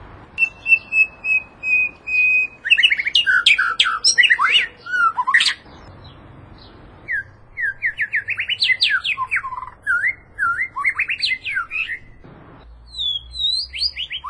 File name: suara kicau murai